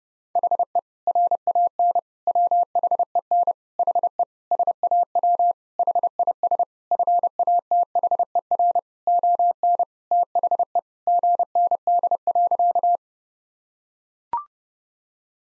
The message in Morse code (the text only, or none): HE RAN WHEN HE SAW HIS FATHER ON THE GND.